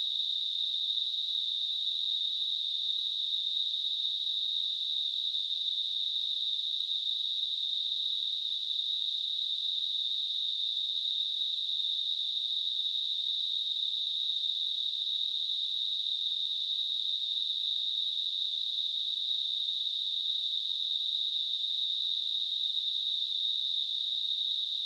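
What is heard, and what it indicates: Simulated tinnitus: a steady, high-pitched hiss, a narrow band of noise centered near 4 kHz, continuous and unchanging throughout.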